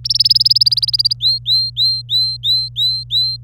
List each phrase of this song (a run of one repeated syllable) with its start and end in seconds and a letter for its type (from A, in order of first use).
0.05-1.13 A, 1.20-3.44 B